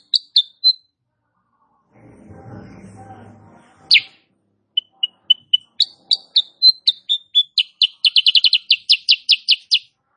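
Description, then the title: Sooty-headed bulbul chirps, interrupted by a low rustling noise, then resuming as a string of high notes that accelerates into a fast, dense run. Female; recording used as master song for training cage birds; described as gacor (singing persistently) and nembak rapat (rapid, closely packed notes). "Masteran Kutilang Sutra. Kutilang SUTRA BETINA GACOR nembak RAPAT"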